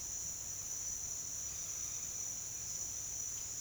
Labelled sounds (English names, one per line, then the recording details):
none
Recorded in secondary vegetation near Puerto Asís, Putumayo, Colombia, on 22 June 2025 at 08:00
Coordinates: 0.485, -76.322
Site GP06